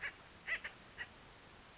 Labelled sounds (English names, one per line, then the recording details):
Acorn Woodpecker
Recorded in Sonoma County, California